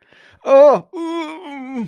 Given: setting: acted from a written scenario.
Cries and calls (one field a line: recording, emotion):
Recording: vocal sound without words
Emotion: distress